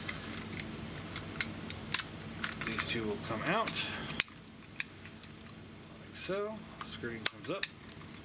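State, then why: Not seated. A plastic part of a Transformers Combiner Wars Leader Class Megatron action figure is handled and moved up toward its locking position on the figure body during a transformation. Someone talks over sharp plastic ticks and clacks of handling. The clip ends before the part goes home, so nothing has seated or clicked yet.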